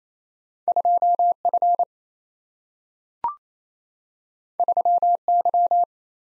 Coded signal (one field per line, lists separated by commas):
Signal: Morse code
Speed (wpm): 28 wpm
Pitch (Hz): 700 Hz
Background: none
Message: 2F 3Y